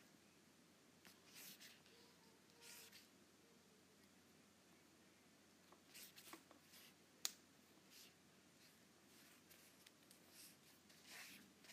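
An Apple Pencil moves across an iPad screen in short, soft scratchy strokes, with bursts around 1–3 seconds, 6–7 seconds and near the end. A single sharp tap lands at about 7 seconds. A steady low hum sits underneath throughout.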